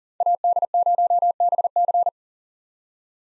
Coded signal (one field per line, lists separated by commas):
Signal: Morse code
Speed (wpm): 40 wpm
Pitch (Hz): 700 Hz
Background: none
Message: AD0BC